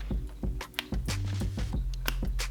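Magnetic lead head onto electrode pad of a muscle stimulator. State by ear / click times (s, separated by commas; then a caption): seated / 0.8 s, 2.1 s. The magnetic head of a Powerdot muscle stimulator lead is pressed onto a stick-on electrode pad over background music. Sharp magnetic clicks at 0.8 s and 2.1 s show the lead snapping on and seating firmly on the pad.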